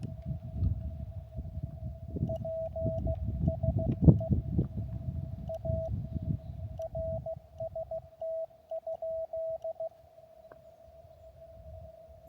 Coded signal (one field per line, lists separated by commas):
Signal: Morse code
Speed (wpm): 15 wpm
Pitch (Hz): 650 Hz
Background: radio noise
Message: PSE A RST?